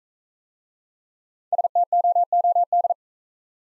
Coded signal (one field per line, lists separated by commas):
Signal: Morse code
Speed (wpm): 39 wpm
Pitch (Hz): 700 Hz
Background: none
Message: STOOD